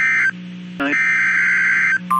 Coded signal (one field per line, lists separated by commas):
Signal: Emergency Alert System (SAME) tones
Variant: header bursts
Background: speech